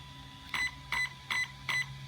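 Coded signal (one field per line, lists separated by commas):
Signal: beep code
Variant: Hobbywing ESC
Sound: four short, evenly spaced electronic beeps about 0.4 seconds apart over a low hum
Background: low electrical hum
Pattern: 4 short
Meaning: Setting column four of the selected category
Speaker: it's making four beeps indicating that it's in column four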